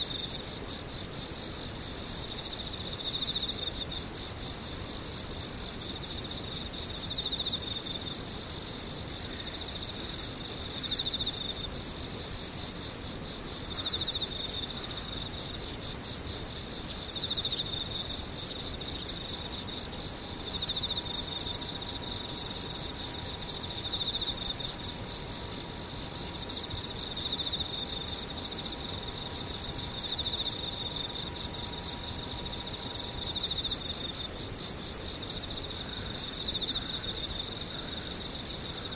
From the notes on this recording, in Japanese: ムシ